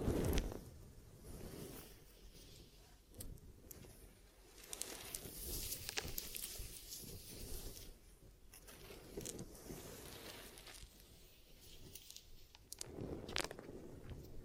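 Ear massage and cleaning sounds, a soft continuous rubbing and rustling with a low muffled rumble underneath. Brief sharper crackles and scrapes come at irregular moments, with louder bursts near the start, around six seconds and just after thirteen seconds.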